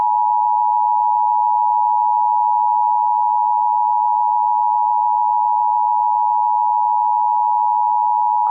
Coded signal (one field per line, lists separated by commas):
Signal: Emergency Alert System (SAME) tones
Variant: 853 and 960 Hz attention tone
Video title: National Emergency Alert System Test On WNCI 97.9 - October 4, 2023